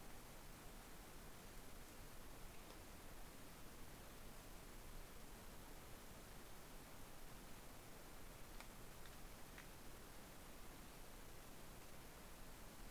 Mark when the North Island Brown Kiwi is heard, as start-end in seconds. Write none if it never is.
none